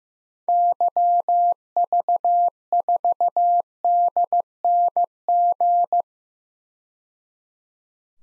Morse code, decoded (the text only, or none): YV4DNG